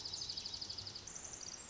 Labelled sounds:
Pacific Wren
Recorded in Sonoma County, California

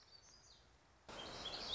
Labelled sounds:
Black-throated Gray Warbler
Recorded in Sonoma County, California

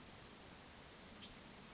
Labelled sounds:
Bewick's Wren
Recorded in Sonoma County, California

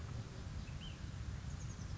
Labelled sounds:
Ash-throated Flycatcher
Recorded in Sonoma County, California

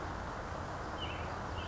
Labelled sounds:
Western Tanager
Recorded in Sonoma County, California

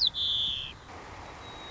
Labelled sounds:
White-crowned Sparrow
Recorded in Sonoma County, California

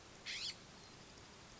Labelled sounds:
California Scrub-Jay
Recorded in Sonoma County, California

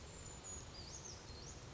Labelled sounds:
Brown Creeper
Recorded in Sonoma County, California

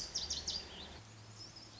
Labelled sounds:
Lazuli Bunting
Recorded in Sonoma County, California

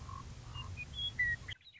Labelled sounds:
Western Meadowlark
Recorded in Sonoma County, California

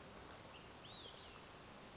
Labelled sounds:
Olive-sided Flycatcher
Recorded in Sonoma County, California

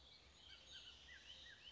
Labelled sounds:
Bullock's Oriole
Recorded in Sonoma County, California

